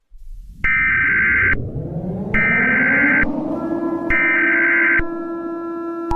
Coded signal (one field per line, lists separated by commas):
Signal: Emergency Alert System (SAME) tones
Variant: header bursts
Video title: (EAS Scenario #3) The Universe turns upside down - Remastered